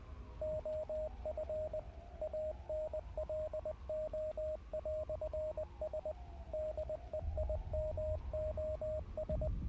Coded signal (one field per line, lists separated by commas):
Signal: Morse code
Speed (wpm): 20 wpm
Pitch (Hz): 620 Hz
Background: radio noise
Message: OF ANLO"S DEIMOS